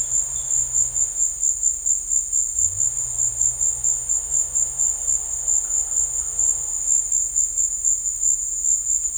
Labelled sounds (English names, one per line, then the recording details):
none
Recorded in dense forest near Puerto Asís, Putumayo, Colombia, on 26 December 2024 at 16:00
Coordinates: 0.485, -76.318
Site GP03